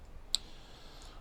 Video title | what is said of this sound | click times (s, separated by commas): Sparrow Knife Co. Fenrir x Kansept Colab Maintenance & Disassembly | why is this not there goes just snapped into place | 0.3 s